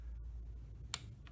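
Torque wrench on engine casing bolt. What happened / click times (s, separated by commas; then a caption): The torque wrench clicked at its set torque / 0.9 s. A torque wrench on an engine casing bolt is pulled further until it clicks sharply at its set torque at 0.9 s, confirming the setting is reached. A fainter tick follows at 1.3 s over a low steady background hum.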